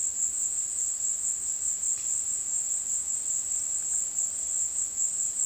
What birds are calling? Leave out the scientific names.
none